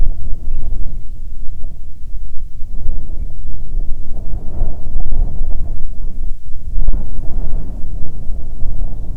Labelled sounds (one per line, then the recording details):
songbird
wind
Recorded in the Arctic National Wildlife Refuge, Alaska, on 9 July 2019 at 22:40
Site 48